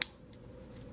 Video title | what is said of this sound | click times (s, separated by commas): Ebike 18650 New Spring Clip Cell Holders Ebike Project Part 7 | again it slides in snaps | 0.0 s